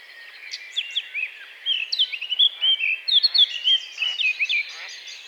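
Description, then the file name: Eurasian blackcap singing: a soft, hurried chattering start, then a louder run of rich whistled notes, with faint clicks in the background. "Sylvia atricapilla"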